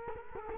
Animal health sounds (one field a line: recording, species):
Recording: mosquito wingbeat signal from an infrared sensor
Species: Culex quinquefasciatus